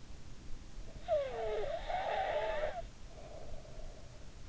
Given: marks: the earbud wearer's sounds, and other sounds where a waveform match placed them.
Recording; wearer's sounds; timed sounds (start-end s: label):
sounds in sleep by an in-ear microphone; snoring breath
0.64-4.31 s: snoring breath